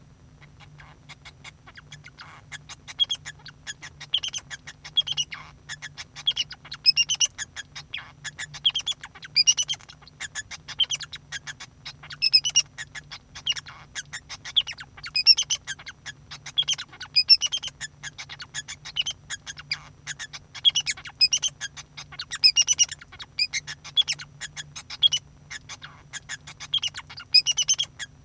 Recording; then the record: song of a male Bengalese finch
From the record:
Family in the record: son of father 2